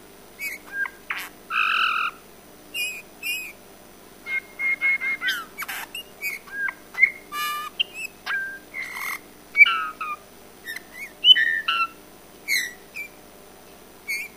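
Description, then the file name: Eurasian bullfinch calls: a long irregular run of piping whistles, creaky notes and thin squeaks, some notes rising or falling, with short gaps between them. "Pyrrhula pyrrhula"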